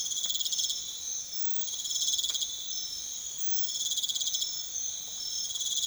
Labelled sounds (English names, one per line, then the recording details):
none
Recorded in secondary vegetation near Puerto Asís, Putumayo, Colombia, on 28 February 2025 at 04:30
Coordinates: 0.500, -76.326
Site GP04